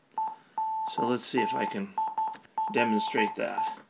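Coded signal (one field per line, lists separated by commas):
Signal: Morse code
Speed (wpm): 12 wpm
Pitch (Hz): 880 Hz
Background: speech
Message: ENTIRE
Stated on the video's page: Morse code sent as audio from a laptop computer.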